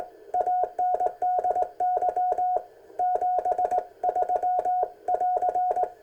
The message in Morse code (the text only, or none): ANDY 73 <AR>